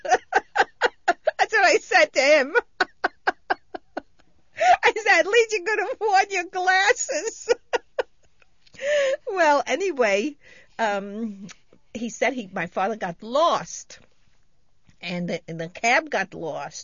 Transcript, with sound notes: That's what I said to him. ( she laughs ) I said, "At least you could have worn your glasses." ( she laughs ) Well, anyway, he said he, my father got lost, and the cab got lost.